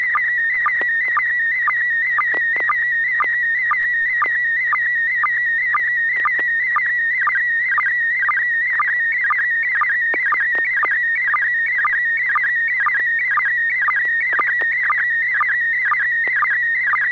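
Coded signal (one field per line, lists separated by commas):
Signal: SSTV (slow-scan television)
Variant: PD120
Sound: continuous warbling whistle-like tone with rapid regular short low chirps throughout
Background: low hum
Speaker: Okay, well, this is going to be PD 120. N6PGQ,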